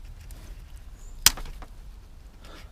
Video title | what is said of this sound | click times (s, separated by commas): Shoot flames with a C6 Corvette MSD 2Step Launch Control | like that it snaps in place | 1.3 s